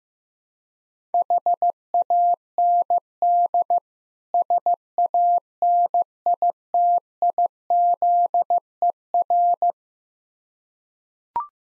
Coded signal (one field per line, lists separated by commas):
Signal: Morse code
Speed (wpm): 15 wpm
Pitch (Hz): 700 Hz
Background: none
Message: HAND SANITIZER